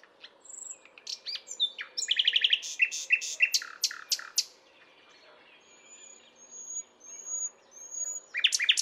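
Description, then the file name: Common nightingale song of rapid rattling notes and strong repeated chops, then a quiet spell of thin high whistles before a new burst. "Luscinia megarhynchos"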